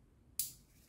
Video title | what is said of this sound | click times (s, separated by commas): VW TOUAREG FRONT BRAKES | Connect to your connector, hear the click | 0.4 s